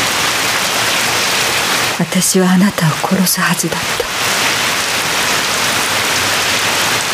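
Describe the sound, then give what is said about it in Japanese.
Steady, hissing rain falls without pause for the whole stretch, loud and even, while a woman speaks a short line over it partway through. “雨が降ってた、あの日も。”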